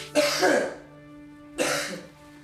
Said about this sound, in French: Baissez-vous. Toussez.